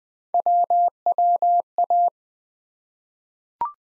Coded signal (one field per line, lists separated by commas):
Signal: Morse code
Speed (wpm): 20 wpm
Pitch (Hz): 700 Hz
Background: none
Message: WWA